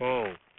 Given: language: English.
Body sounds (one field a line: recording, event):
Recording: throat vibration sensor signal played as sound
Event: speech